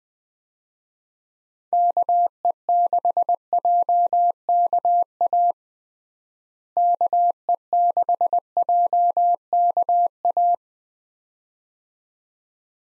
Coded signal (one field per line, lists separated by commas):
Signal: Morse code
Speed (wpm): 20 wpm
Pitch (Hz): 700 Hz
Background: none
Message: KE6JKA KE6JKA